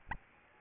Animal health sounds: mosquito wingbeat signal from an infrared sensor; Aedes albopictus

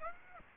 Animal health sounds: mosquito wingbeat signal from an infrared sensor; Aedes aegypti

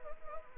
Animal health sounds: mosquito wingbeat signal from an infrared sensor; Anopheles arabiensis

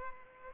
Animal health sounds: mosquito wingbeat signal from an infrared sensor; Aedes aegypti

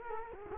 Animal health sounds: mosquito wingbeat signal from an infrared sensor; Culex quinquefasciatus

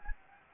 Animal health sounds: mosquito wingbeat signal from an infrared sensor; Anopheles gambiae

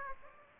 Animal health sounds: mosquito wingbeat signal from an infrared sensor; Aedes aegypti

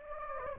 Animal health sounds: mosquito wingbeat signal from an infrared sensor; Anopheles gambiae

